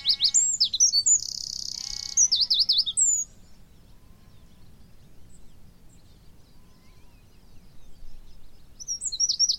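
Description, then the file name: Eurasian wren song, a burst of high trills and a buzzy passage for about three seconds. A brief lower harmonic call sounds underneath, then quiet until a short phrase returns. "Troglodytes troglodytes 191018"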